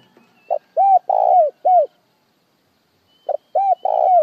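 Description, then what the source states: Spotted dove cooing, a four-note phrase: a short note, a coo, a long rolling coo and a final coo, then a second phrase begins after a pause. Dove calling the flock.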